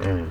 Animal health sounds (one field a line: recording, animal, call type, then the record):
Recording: contact call of a hoofed animal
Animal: wild boar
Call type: grunt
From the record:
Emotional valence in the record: positive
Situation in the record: food anticipation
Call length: 0.31 s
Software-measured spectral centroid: 1500 Hz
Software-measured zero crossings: 660 a second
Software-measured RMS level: -24 dBFS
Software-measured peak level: -13 dBFS